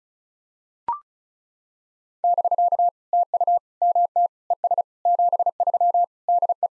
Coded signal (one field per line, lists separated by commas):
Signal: Morse code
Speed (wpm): 37 wpm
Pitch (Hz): 700 Hz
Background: none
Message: <BK> TU MT ES 73 DE